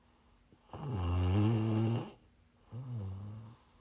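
Prime ASMR snoring from an adult sleeper: two low, rumbling snores with a buzzing harmonic tone, the first long and loud, the second shorter and softer, separated by a quiet pause.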